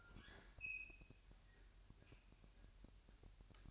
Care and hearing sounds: daily activity, microphone in the room; open fridge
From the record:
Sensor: 2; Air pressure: 1001.8 hPa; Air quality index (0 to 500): 240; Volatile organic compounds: 31 ppm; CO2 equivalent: 2987 ppm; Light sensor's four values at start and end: 9/28/11/10 and 9/28/11/10

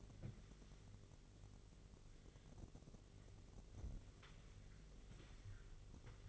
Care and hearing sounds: daily activity, microphone in the room; wipe stove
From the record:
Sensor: 4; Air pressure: 1002.4 hPa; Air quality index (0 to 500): 214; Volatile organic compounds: 11 ppm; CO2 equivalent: 2320 ppm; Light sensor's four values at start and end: 19/67/24/24 and 19/67/24/24

